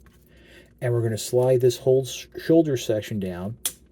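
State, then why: Not seated. A person talks while sliding the plastic shoulder section of a Transformers Legacy United Quake transforming robot toy down toward its locked position on the torso. Only faint handling ticks are heard around the speech. Nothing has seated or clicked yet.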